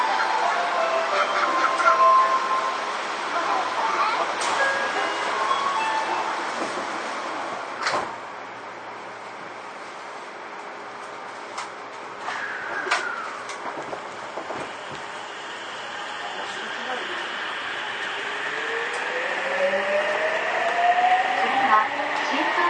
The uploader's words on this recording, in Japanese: 西武6000系 和光市〜新木場。1991年度から1995年度までに製造された6101F - 6117Fの車体は軽量ステンレス製。